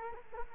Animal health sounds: mosquito wingbeat signal from an infrared sensor; Culex quinquefasciatus

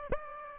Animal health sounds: mosquito wingbeat signal from an infrared sensor; Aedes aegypti

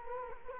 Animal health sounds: mosquito wingbeat signal from an infrared sensor; Culex quinquefasciatus

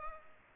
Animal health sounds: mosquito wingbeat signal from an infrared sensor; Culex pipiens

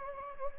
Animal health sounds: mosquito wingbeat signal from an infrared sensor; Anopheles gambiae

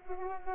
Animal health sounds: mosquito wingbeat signal from an infrared sensor; Culex pipiens

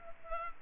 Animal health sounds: mosquito wingbeat signal from an infrared sensor; Culex pipiens

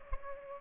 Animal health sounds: mosquito wingbeat signal from an infrared sensor; Culex pipiens

